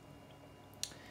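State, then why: Seated. A small plastic piece of an action-figure display stand is clipped onto the figure's posing rod. A faint tick at 0.7 s is followed by one sharp, short click at 0.8 s. The piece seats onto the rod.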